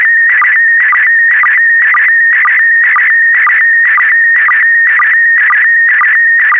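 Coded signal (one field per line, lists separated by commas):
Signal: SSTV (slow-scan television)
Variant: PD120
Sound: warbling tone around 2 kHz with a regular low blip twice a second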